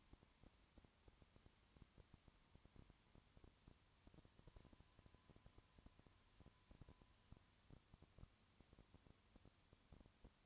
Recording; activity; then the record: daily activity, microphone in the room; no activity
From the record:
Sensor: 3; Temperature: 20.5 degrees Celsius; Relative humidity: 34.6%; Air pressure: 1001.1 hPa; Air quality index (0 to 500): 195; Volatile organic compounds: 6 ppm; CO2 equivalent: 1857 ppm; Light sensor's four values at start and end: 2/3/2/2 and 2/3/2/2